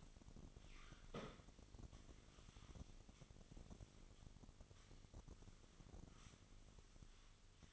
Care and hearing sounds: daily activity, microphone in the room; sweep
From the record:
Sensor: 4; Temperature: 27.1 degrees Celsius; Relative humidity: 35.2%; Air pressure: 1003.9 hPa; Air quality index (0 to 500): 149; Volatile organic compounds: 2 ppm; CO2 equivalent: 1064 ppm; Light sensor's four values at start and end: 16/39/16/17 and 17/40/16/18

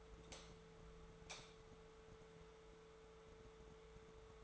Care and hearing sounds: daily activity, microphone in the room; light on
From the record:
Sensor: 3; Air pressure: 1014.7 hPa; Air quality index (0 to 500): 192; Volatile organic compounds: 24 ppm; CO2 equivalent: 2808 ppm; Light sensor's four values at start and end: 41/102/44/47 and 39/100/42/45

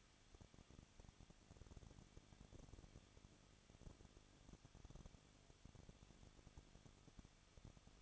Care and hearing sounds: daily activity, microphone in the room; no activity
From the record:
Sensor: 4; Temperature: 23.1 degrees Celsius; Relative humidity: 34.1%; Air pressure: 1007.2 hPa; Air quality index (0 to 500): 217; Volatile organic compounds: 15 ppm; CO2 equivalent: 2508 ppm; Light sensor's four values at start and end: 2/3/1/1 and 2/3/1/1

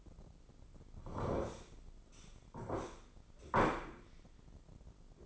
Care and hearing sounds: daily activity, microphone in the room; sit down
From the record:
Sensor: 5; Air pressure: 996.1 hPa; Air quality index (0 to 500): 244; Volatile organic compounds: 466 ppm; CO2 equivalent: 4772 ppm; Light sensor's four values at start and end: 159/380/160/175 and 158/379/160/175

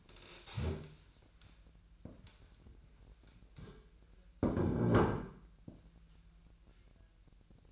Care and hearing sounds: daily activity, microphone in the room; stand up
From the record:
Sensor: 2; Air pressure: 1001.4 hPa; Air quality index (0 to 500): 241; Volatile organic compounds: 74 ppm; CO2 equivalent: 3556 ppm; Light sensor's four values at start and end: 11/26/11/11 and 9/21/9/9

